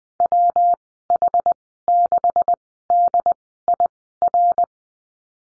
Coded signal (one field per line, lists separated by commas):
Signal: Morse code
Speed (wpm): 20 wpm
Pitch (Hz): 700 Hz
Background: none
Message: W H 6 D I R